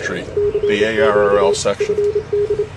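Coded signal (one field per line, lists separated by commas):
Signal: Morse code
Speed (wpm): 28 wpm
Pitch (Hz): 410 Hz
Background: speech, radio noise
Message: CQ FD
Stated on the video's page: Morse heard during an amateur radio club's Field Day 2010 operation.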